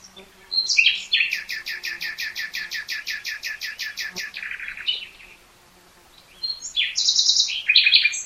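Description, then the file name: Common nightingale song: a rapid, evenly repeated run of hard chirping notes lasting several seconds, a pause, then a buzzy, rattling phrase. "Luscinia megarhynchos"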